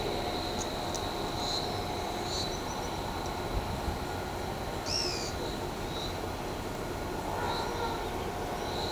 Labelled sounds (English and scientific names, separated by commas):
Pale-eyed Pygmy Tyrant (Atalotriccus pilaris)